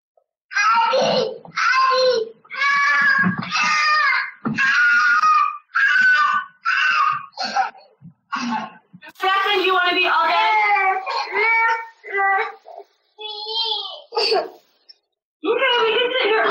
Choking and gurgling up the food.